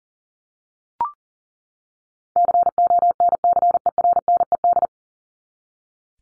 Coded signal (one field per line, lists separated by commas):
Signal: Morse code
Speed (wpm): 37 wpm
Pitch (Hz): 700 Hz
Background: none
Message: CONCERNED